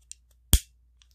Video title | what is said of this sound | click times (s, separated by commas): Smith & Wesson 380 Bodyguard V/S Dimondback DB9 | you hear it snap you can hear it snap in the position | 0.5 s